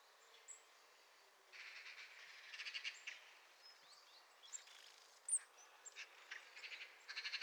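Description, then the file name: Eurasian blue tit calls: short buzzy, scolding bursts in two bouts, with thin high chips between. "Cyanistes caeruleus"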